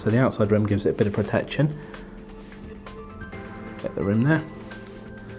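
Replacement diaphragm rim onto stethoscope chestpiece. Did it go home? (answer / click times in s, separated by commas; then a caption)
no / none. A replacement diaphragm and its rim from a Littmann Classic III / Cardiology IV replacement kit, including the pediatric version, are eased onto the outside of a stethoscope chestpiece. Someone talks over faint background music, with a brief soft tap around 2.9 s. Nothing has seated or snapped into place yet.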